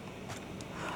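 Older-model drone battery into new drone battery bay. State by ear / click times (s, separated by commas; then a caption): not seated / none. A DJI Mini 3 Pro battery is pushed into the battery bay of a new DJI Lito X1 drone, but one section of the battery does not fit, so it will not go in. A brief scrape is heard at about 0.6 s over a steady low background noise. Nothing has seated or clicked yet.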